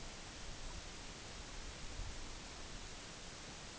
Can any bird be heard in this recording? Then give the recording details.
no. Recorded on Arctic tundra, site EABA-MC, on 22 June 2019. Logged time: 18:00